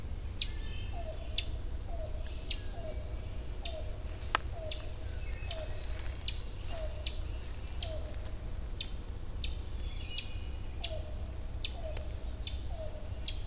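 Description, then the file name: Ovenbird chipping: sharp, very high chip notes repeated about once a second, with a lower downslurred call repeating alongside and a steady low rumble beneath. Chip calls recorded in Millington, Maryland, on 27 June 2010. "Ovenbird Chipping Millington MD"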